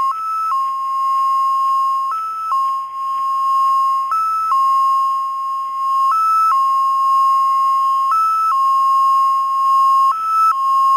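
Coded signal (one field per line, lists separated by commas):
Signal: numbers station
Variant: XPA2 MFSK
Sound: steady electronic tone jumping briefly higher about every two seconds, six times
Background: radio static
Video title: XPA2 - 2120z 27 July 2014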